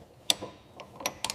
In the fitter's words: that's the click.